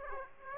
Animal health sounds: mosquito wingbeat signal from an infrared sensor; Aedes aegypti

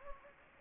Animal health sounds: mosquito wingbeat signal from an infrared sensor; Anopheles gambiae

